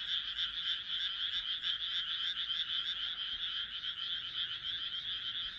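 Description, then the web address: Frog: short burst of a frog chorus, rapid rattling croaks overlapping continuously. "kaeru kaeru"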